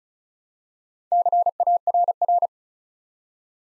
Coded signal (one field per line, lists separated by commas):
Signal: Morse code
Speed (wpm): 36 wpm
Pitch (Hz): 700 Hz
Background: none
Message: CARR